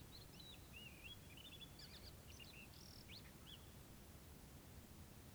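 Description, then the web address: Birds give soft whistled and chirping notes in a brief cluster of short phrases, then fall quiet under faint steady hiss. Morning at a desert camp in Morocco. "MOROCCO Desert Camp Morning Birds 2. Prismo Sound. GDC 2019-Game Audio Bundle"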